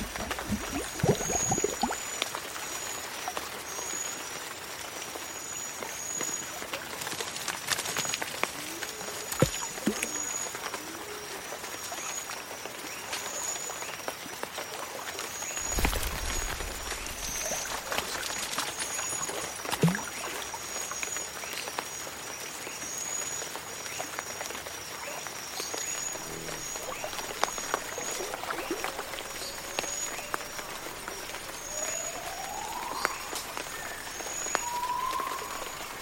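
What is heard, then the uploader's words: Jungle swamp ambience with a steady, dense bed of high insect buzzing and a persistent chirring tone up top. Scattered clicks, pops and short animal calls break through irregularly, with a few rising chirps near the end and brief low rumbles around 2 and 16 seconds. Jungle swamp ambience.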